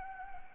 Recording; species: mosquito wingbeat signal from an infrared sensor; Anopheles gambiae